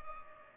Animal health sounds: mosquito wingbeat signal from an infrared sensor; Culex pipiens

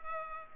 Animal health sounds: mosquito wingbeat signal from an infrared sensor; Culex pipiens

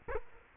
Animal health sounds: mosquito wingbeat signal from an infrared sensor; Culex quinquefasciatus

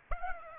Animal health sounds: mosquito wingbeat signal from an infrared sensor; Aedes aegypti

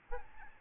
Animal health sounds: mosquito wingbeat signal from an infrared sensor; Aedes albopictus

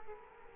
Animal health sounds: mosquito wingbeat signal from an infrared sensor; Culex quinquefasciatus

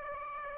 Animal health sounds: mosquito wingbeat signal from an infrared sensor; Aedes aegypti

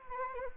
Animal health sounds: mosquito wingbeat signal from an infrared sensor; Anopheles arabiensis

